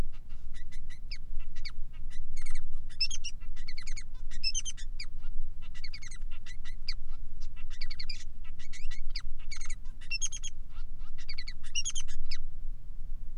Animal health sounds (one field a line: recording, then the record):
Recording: song of a male Bengalese finch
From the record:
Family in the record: son of father 3